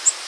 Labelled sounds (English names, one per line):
Nashville Warbler flight call